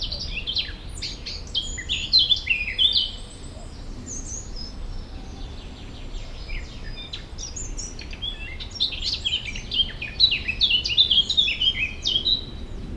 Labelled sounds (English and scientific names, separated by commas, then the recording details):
Eurasian Blackcap (Sylvia atricapilla) song
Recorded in the wild
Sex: male
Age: adult
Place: Runding, Bayrischer Wald, Bayern, DE
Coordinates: 49.2158, 12.8067
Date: 2004-06-30
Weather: fair, 15°C, weak to moderate winds
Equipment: Tascam DA-P1, Sennheiser MKH 70, Windkorb
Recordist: Frommolt, Karl-Heinz